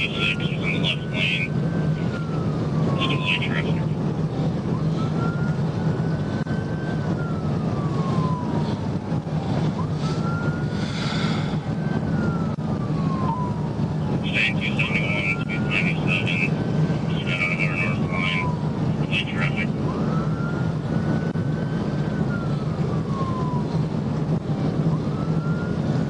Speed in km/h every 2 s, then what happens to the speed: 159, 159, 158, 155, 150, 151, 153, 156, 156, 156, 155, 159, 161.
0-9 slows to 150. 9-26 speeds up to 161.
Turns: none.